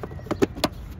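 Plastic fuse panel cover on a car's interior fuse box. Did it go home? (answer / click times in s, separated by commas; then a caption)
no / none. A plastic fuse panel cover on a car's interior fuse box is handled while being refitted over the relay fuse panel. Short knocks and rattles of plastic are heard, the sharpest near 0.3, 0.4 and 0.6 seconds. Nothing has seated or clicked yet.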